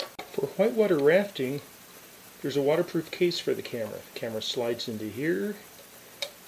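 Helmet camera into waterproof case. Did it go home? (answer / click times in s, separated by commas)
yes / 6.2 s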